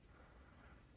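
A plastic strain relief clamp on a treadmill power cord is handled in the treadmill housing; it hooks under a lip and will be closed down to pinch the wire. Only a steady, faint low rumble and background hiss are heard, with no distinct click or talk. Nothing has seated or clicked yet.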